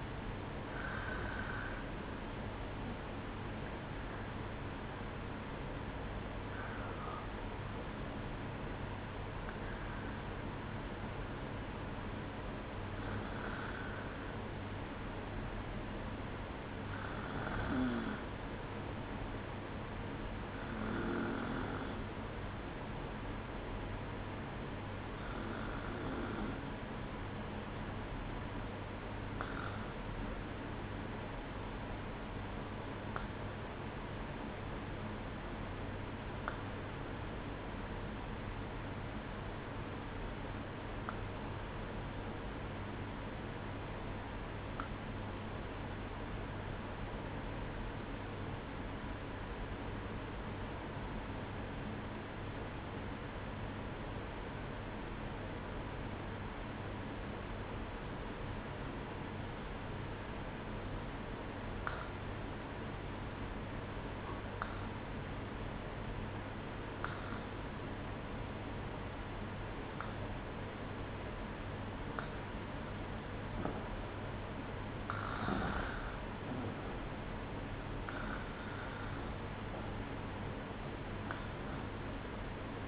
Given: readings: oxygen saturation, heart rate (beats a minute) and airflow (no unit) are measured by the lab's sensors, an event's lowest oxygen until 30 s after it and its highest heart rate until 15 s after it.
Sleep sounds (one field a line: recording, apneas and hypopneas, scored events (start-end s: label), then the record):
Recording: breathing in sleep by a voice recorder at the bedside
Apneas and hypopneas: 1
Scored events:
34.00-72.30 s: obstructive apnea (REM, oxygen 96% highest, then 92% lowest, heart rate 60 at the start, 68 highest)
From the record:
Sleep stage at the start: REM sleep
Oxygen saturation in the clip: 92 to 96%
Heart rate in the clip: 58 to 68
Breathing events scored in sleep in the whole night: 305 in 9.6 hours asleep